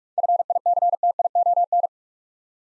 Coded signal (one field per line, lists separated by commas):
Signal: Morse code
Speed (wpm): 44 wpm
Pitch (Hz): 700 Hz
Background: none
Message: FICTION